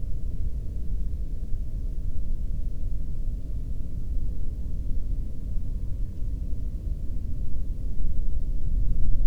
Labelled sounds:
wind
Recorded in the Prudhoe Bay oil fields, Alaska, on 13 June 2019 at 00:33
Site 30

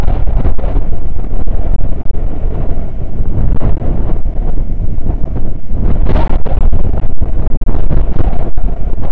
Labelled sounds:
wind
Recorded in the Prudhoe Bay oil fields, Alaska, on 9 August 2019 at 00:03
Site 29

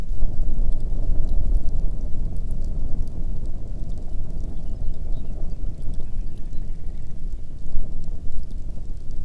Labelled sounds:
songbird
grouse or ptarmigan
wind
rain
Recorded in the Arctic National Wildlife Refuge, Alaska, on 1 June 2019 at 10:05
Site 37

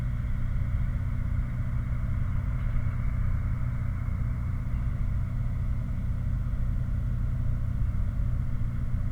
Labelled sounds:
machinery
flare stack
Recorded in the Prudhoe Bay oil fields, Alaska, on 16 August 2019 at 01:00
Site 29

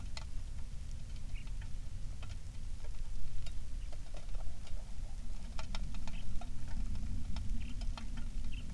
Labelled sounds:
songbird
wind
rain
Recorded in the Prudhoe Bay oil fields, Alaska, on 27 July 2019 at 18:12
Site 19

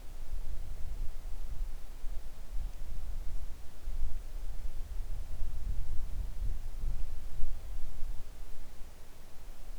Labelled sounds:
wind
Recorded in the Arctic National Wildlife Refuge, Alaska, on 3 August 2019 at 10:25
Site 41

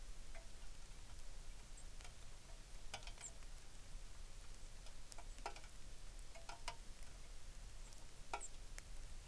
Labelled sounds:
songbird
rain
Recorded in the Arctic National Wildlife Refuge, Alaska, on 3 August 2019
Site 33

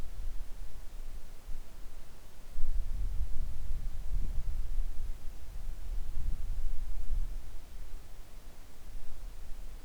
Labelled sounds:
near silence
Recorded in the Arctic National Wildlife Refuge, Alaska, on 3 August 2019 at 10:43
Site 41

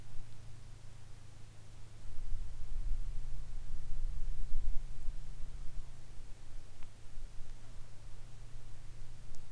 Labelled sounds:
songbird
insects
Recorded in the Arctic National Wildlife Refuge, Alaska, on 22 July 2019 at 15:45
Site 41

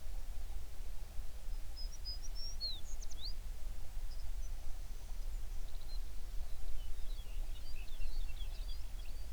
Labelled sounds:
songbird
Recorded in the Prudhoe Bay oil fields, Alaska, on 11 June 2019 at 04:33
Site 21

